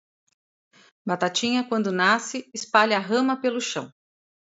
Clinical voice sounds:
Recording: short text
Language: Brazilian Portuguese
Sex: female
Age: 50 to 59 years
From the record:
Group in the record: control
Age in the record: 56 years

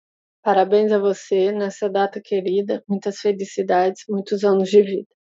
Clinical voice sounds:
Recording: short text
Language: Brazilian Portuguese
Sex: female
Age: 30 to 39 years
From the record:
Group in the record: control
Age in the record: 33 years

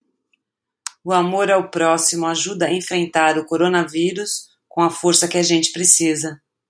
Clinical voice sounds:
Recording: spoken sentence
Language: Brazilian Portuguese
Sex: female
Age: 50 to 59 years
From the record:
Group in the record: control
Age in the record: 54 years

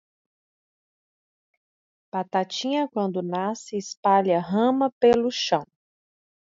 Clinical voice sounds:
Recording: short text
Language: Brazilian Portuguese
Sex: female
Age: 40 to 49 years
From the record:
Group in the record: control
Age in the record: 43 years

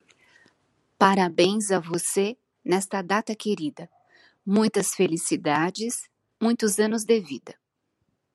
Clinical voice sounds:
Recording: short text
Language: Brazilian Portuguese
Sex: female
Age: 50 to 59 years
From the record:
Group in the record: control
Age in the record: 57 years

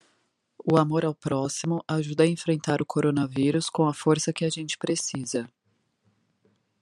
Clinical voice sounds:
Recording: spoken sentence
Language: Brazilian Portuguese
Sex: female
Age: 30 to 39 years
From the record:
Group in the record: control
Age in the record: 37 years

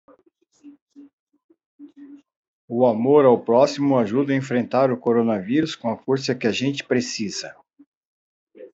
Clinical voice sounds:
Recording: spoken sentence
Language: Brazilian Portuguese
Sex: male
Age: 60 to 69 years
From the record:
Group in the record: control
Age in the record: 62 years

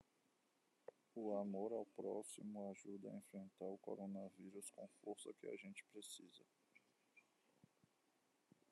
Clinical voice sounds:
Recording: spoken sentence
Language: Brazilian Portuguese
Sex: male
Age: 20 to 29 years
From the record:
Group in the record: control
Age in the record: 29 years

